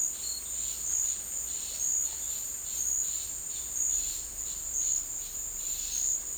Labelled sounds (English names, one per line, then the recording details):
none
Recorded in dense forest near Puerto Asís, Putumayo, Colombia, on 20 December 2024 at 13:30
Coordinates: 0.485, -76.318
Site GP03